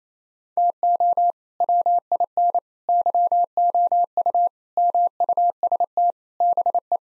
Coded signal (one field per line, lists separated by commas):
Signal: Morse code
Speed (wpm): 28 wpm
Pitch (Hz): 700 Hz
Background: none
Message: TO WIN YOU MUST BE